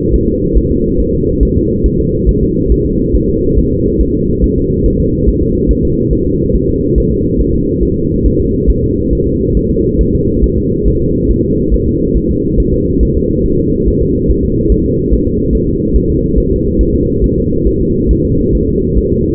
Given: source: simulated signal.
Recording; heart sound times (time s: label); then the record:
fetal heart sounds
0.14 s: S1
0.28 s: S2
0.57 s: S1
0.71 s: S2
1.00 s: S1
1.14 s: S2
1.43 s: S1
1.57 s: S2
1.86 s: S1
2.00 s: S2
2.29 s: S1
2.43 s: S2
2.72 s: S1
2.86 s: S2
3.16 s: S1
3.29 s: S2
3.59 s: S1
3.72 s: S2
4.01 s: S1
4.15 s: S2
4.44 s: S1
4.58 s: S2
4.86 s: S1
5.00 s: S2
5.28 s: S1
5.43 s: S2
5.71 s: S1
5.85 s: S2
6.13 s: S1
6.27 s: S2
6.56 s: S1
6.70 s: S2
6.98 s: S1
7.12 s: S2
7.41 s: S1
7.55 s: S2
7.83 s: S1
7.97 s: S2
8.26 s: S1
8.40 s: S2
8.70 s: S1
8.84 s: S2
9.13 s: S1
9.27 s: S2
9.57 s: S1
9.71 s: S2
10.01 s: S1
10.15 s: S2
10.44 s: S1
10.58 s: S2
10.88 s: S1
11.02 s: S2
11.31 s: S1
11.45 s: S2
11.74 s: S1
11.88 s: S2
12.17 s: S1
12.31 s: S2
12.60 s: S1
12.74 s: S2
13.03 s: S1
13.17 s: S2
13.46 s: S1
13.60 s: S2
13.88 s: S1
14.02 s: S2
14.31 s: S1
14.45 s: S2
14.72 s: S1
14.86 s: S2
15.13 s: S1
15.27 s: S2
15.55 s: S1
15.69 s: S2
15.96 s: S1
16.10 s: S2
16.38 s: S1
16.52 s: S2
16.81 s: S1
16.95 s: S2
17.24 s: S1
17.38 s: S2
17.67 s: S1
17.81 s: S2
18.11 s: S1
18.25 s: S2
18.55 s: S1
18.69 s: S2
18.98 s: S1
19.12 s: S2
From the record:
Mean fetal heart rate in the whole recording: 140 bpm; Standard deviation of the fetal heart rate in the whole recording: 2 bpm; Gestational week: 34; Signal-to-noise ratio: -14.7 dB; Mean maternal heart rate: 72 bpm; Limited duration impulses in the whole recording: present